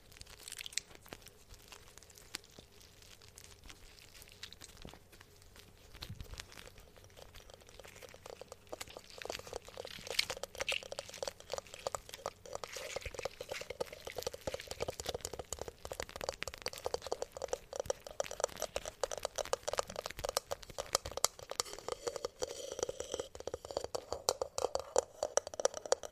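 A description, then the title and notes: Squishing, tapping and crinkling sounds build over the recording, starting sparse and quiet, then growing into a dense, rapid stream of sharp crackles and taps after about ten seconds. The texture stays busy and bright to the end, with louder bursts near the close. Squishing, Tapping, Crinkling!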